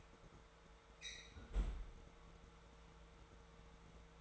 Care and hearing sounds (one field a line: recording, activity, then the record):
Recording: daily activity, microphone in the room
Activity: close fridge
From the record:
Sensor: 3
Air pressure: 1014.9 hPa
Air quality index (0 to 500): 200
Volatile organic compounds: 28 ppm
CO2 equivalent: 2922 ppm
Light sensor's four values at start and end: 36/91/39/41 and 37/93/40/43